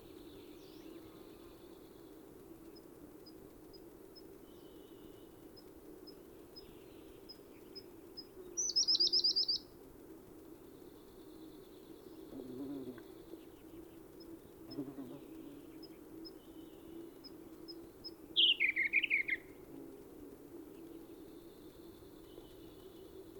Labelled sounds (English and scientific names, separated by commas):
Siberian Blue Robin (Luscinia cyane) song